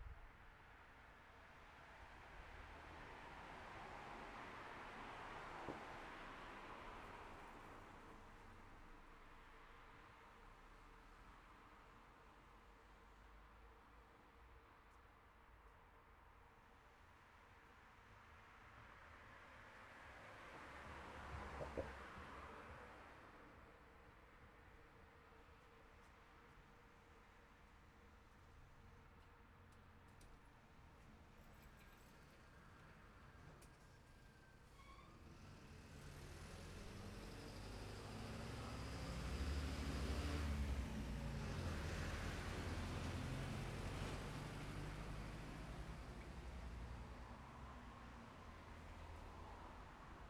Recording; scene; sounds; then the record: everyday scene through a hearing-aid microphone; in traffic; traffic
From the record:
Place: city secondary road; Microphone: behind the ear, left, rear